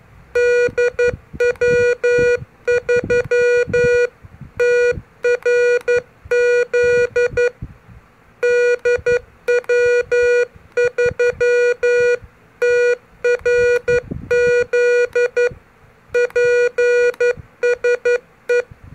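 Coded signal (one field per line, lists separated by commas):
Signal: Morse code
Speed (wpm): 11 wpm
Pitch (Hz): 480 Hz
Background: music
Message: DW3TRZ DW3TRZ PSE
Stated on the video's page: CQ call in CW sent with an MFJ-403 pocket keyer, as a beginner lesson.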